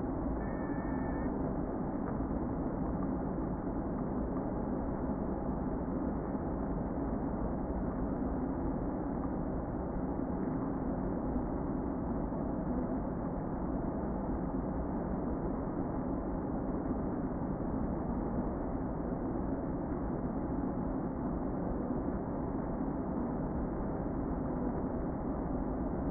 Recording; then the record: honeybee colony, microphone inside the hive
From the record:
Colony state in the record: queen present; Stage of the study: before two queens were removed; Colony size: about 60,000 bees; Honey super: yes